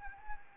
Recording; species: mosquito wingbeat signal from an infrared sensor; Anopheles arabiensis